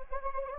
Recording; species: mosquito wingbeat signal from an infrared sensor; Anopheles gambiae